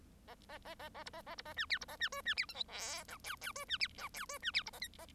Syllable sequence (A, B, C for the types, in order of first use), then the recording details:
A A A A A B A A B A C D B A C E C D F G H I J J E C D I J E C D B A K A. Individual Bird1